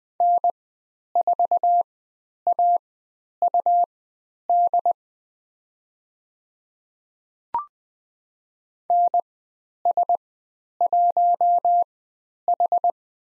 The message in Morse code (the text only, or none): N4AUD NS1H